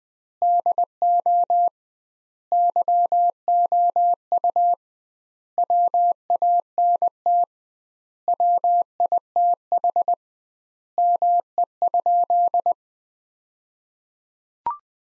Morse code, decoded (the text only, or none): DO YOU WANT WITH ME?